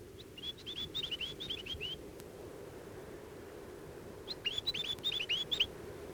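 Chatham Island tomtit giving two fainter runs of thin, sliding whistled notes against fairly loud steady background noise.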